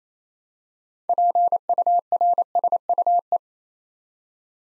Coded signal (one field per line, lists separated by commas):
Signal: Morse code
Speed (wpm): 27 wpm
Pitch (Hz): 700 Hz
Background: none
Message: PURSUE